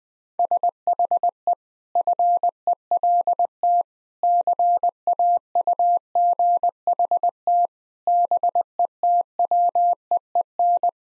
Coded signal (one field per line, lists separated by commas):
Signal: Morse code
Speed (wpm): 20 wpm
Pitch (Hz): 700 Hz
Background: none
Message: SHE FELT CAUGHT BETWEEN